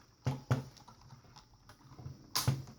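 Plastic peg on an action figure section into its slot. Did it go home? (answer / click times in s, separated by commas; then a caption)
yes / 2.4 s. The second plastic peg on a section of a Takara Transformers Masterpiece MP-31 Delta Magnus action figure is pushed into its slot, with two sharp knocks near 0.3 and 0.5 s and faint ticks in between. A loud snap at 2.4 s seats the peg, locking the section so it no longer moves.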